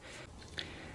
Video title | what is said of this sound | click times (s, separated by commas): Craftsman VersaTrack Installation and Overview | I put this here to protect my hand but basically eventually it snaps in little difficult but | 0.6 s